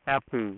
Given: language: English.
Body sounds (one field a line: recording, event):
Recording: throat vibration sensor signal played as sound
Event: speech